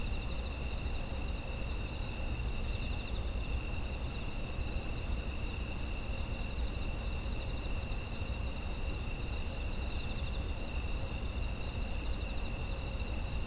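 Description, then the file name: Continuous insect chorus of several overlapping high, even trills that never pause, set over a soft low-frequency hum. Ambient sound of autumn insects. "秋の虫の環境音"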